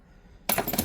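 A torque wrench is tightened on a fastener until it reaches its set torque, giving a sharp metallic click at 0.5 s after near silence. A second, smaller metallic tick follows at about 0.8 s, and the click confirms the wrench has reached its setting.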